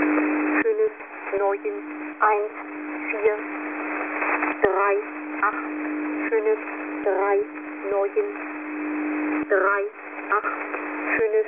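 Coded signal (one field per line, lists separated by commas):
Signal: numbers station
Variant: G06 German Lady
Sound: synthetic female voice reading single digits at an even pace through radio hiss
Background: radio static, low hum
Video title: Russian Number Station G06 - German Lady 00000 - "Fake-Message" with XP shutdown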